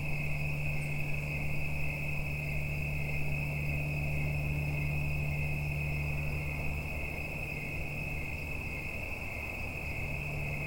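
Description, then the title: Insects droning together, a sustained high buzzing tone with little change over ten seconds, above a low continuous hum. Mating calls of insects in the evening, late summer into autumn, United States; the callers will not be alive in a week or two. "Autumn insects on Watts Ranch"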